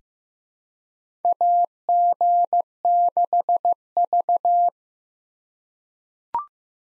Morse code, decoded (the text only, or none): AG6V